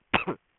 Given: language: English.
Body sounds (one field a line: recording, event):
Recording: throat vibration sensor signal played as sound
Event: cough